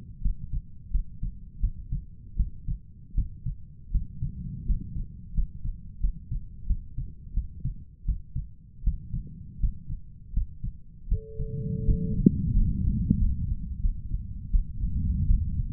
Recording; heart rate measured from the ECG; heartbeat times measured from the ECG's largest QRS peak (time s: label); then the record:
heart sounds by stethoscope; 84 bpm
0.22 s: heartbeat
0.91 s: heartbeat
1.61 s: heartbeat
2.37 s: heartbeat
3.15 s: heartbeat
3.92 s: heartbeat
4.66 s: heartbeat
5.34 s: heartbeat
6.01 s: heartbeat
6.67 s: heartbeat
7.34 s: heartbeat
8.06 s: heartbeat
8.84 s: heartbeat
9.60 s: heartbeat
10.33 s: heartbeat
11.09 s: heartbeat
11.85 s: heartbeat
12.53 s: heartbeat
13.17 s: heartbeat
13.80 s: heartbeat
14.50 s: heartbeat
15.26 s: heartbeat
From the record:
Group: healthy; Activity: rest 0-11 s, breath hold 11-16 s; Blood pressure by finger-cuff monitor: 123/66 mmHg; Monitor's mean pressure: 80 mmHg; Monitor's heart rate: 86 bpm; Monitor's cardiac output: 7.7 L/min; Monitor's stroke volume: 93 mL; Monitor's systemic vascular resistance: 750 dyn s/cm5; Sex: male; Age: 23 years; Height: 179 cm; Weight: 87 kg